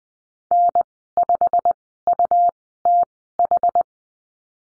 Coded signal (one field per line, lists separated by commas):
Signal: Morse code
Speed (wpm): 20 wpm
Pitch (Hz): 700 Hz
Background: none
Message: N 5 U T H